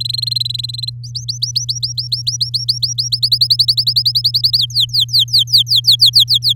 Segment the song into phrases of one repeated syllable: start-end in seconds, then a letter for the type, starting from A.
0.00-0.90 A, 1.03-3.08 B, 3.12-4.58 C, 4.58-6.53 D